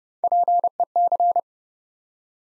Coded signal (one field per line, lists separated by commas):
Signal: Morse code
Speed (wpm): 30 wpm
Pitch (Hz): 700 Hz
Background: none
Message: PEC